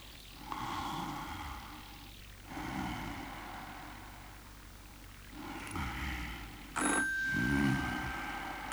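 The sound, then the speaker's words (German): A telephone rings in repeated buzzy bursts, roughly three rings with short pauses between them, at a steady moderate loudness and with no voices. “Hier ist der telefonische Auftragsdienst.”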